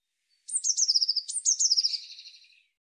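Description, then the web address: Eurasian blue tit calling two quick phrases back to back, each a run of high sibilant notes falling in pitch, the second fading into a scratchy churring tail. "Deverinetal"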